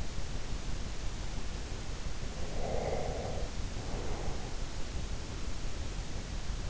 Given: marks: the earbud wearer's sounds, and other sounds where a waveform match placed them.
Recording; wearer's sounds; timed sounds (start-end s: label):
sounds in sleep by an in-ear microphone; breath
2.36-4.57 s: breath